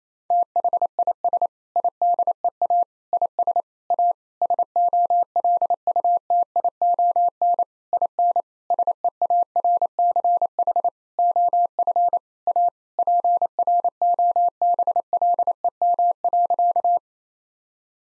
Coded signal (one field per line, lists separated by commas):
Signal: Morse code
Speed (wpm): 28 wpm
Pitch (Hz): 700 Hz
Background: none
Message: THIS IDEA IS A SOLUTION IN SEARCH OF A PROBLEM.